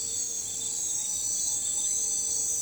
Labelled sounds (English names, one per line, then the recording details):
none
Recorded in forest near Pivijay, Magdalena, Colombia, on 14 April 2023 at 01:30
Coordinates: 10.467, -74.380
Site Z5-G034